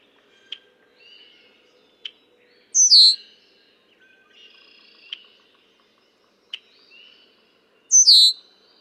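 Red-winged blackbird giving loud downslurred bursts near three and eight seconds, with sharp clicks and faint whistled notes around them.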